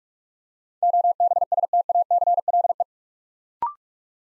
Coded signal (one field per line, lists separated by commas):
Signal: Morse code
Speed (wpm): 44 wpm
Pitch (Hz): 700 Hz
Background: none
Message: OBSTACLE